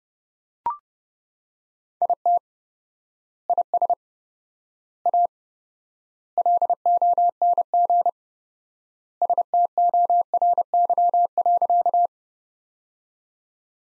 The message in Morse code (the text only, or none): IT IS A LONG STORY.